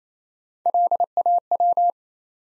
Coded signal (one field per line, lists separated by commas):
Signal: Morse code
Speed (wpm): 27 wpm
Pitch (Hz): 700 Hz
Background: none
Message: LAW